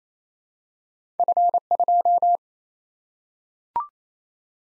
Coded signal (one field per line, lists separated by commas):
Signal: Morse code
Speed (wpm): 28 wpm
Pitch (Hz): 700 Hz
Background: none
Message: F2